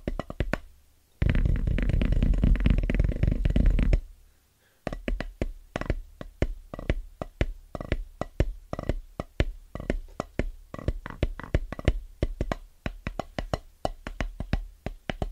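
Fast, rhythmic tapping on drum pads, sharp dense hits throughout, interrupted from about one to four seconds by a loud, low rumbling burst.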